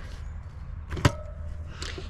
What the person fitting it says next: gotta wait until you hear it click there you go